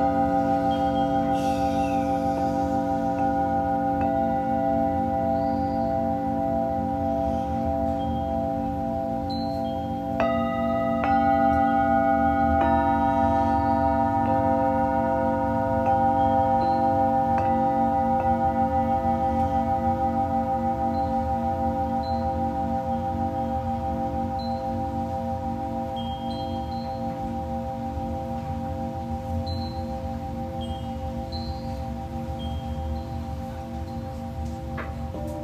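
Singing bowls ring in a long, layered drone of sustained tones, with a low hum underneath and a brighter, steady high ring. A new bowl is struck around ten seconds and another near thirteen, adding fresh tones that slowly fade as the sound softens toward the end.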